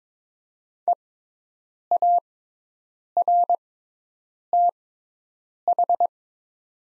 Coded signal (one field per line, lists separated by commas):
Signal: Morse code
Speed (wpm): 22 wpm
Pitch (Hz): 700 Hz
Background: none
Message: EARTH